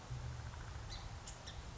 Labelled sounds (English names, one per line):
Song Sparrow